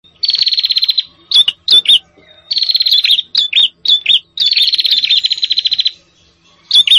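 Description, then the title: Prinia producing loud fast trills interspersed with emphatic chip notes. Noisy prenjak calls used as a lure for trapping prenjak, including red-headed prenjak and visiting prenjak. "Suara Prenjak Ribut"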